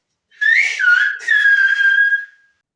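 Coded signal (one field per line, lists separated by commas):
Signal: whistled language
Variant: Silbo Gomero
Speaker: can you give us some examples of that whistle and maybe some things that you've learned to say so far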